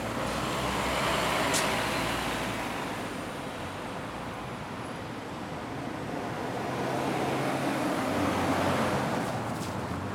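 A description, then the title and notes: Traffic rushes past in a steady, dense wash of noise, with loudness swelling gently around the second and ninth seconds as vehicles pass. A low hum runs underneath, and a brief bright hiss stands out near the start. Traffic White Noise.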